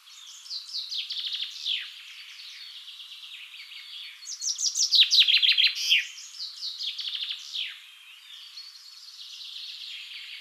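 Common chaffinch songs repeating: descending note runs with end flourishes, the loudest in the middle, softer phrases before and after.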